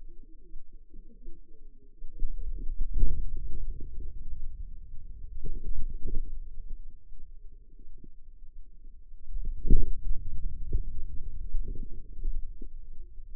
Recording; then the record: forearm muscle sounds (acoustic myography)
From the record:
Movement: hand closing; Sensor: system 2, bracelet of six BSWA MPA416 microphones around the upper forearm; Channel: 6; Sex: female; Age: 25 years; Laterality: right